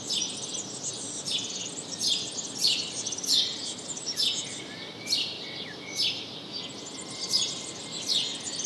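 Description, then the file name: House sparrow, a string of bright falling chirps at uneven intervals. "Passer domesticus"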